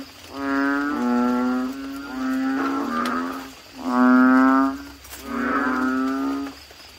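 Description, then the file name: Asian common toad chorus of drawn-out, harmonic groaning notes, several long calls with a few short yelps in between. "suara kodok bangkong"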